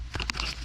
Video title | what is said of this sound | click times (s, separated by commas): 2018 Infiniti QX60 Radio Removal | and lock into place | 0.3 s